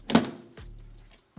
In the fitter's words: should just be able to give it a nice little push back. And it all click into place.